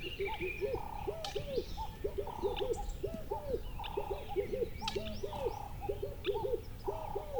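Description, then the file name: Birds calling: steady low hooting notes in twos and threes, overlapped by a flat mid-pitched tone and occasional high twittering calls. "country birds call"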